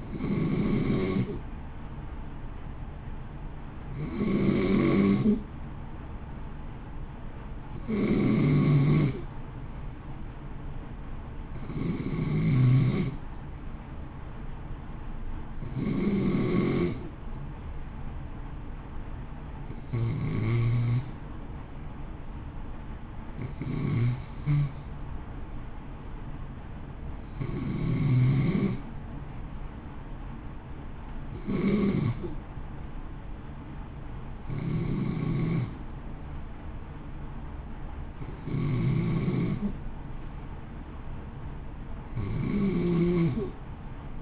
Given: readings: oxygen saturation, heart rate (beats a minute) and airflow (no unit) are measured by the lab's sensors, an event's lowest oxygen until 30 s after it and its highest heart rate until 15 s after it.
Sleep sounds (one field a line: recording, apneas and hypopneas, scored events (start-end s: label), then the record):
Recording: breathing in sleep by a smartphone at the bedside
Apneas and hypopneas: none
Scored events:
none scored
From the record:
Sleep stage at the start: N2 (light sleep)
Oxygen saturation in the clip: 91 to 93%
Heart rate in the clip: 54 to 60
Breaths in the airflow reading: 15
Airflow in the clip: -0.7 to 0.7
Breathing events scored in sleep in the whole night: 328 in 6.3 hours asleep